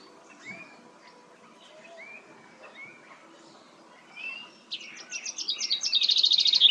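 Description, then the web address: Common chaffinch song: a quick run of bright notes that speeds up and drops in pitch, ending in a flourish, after soft scattered whistles from other birds. "Deverinetal 2025 File origin Bird Only Fr Co"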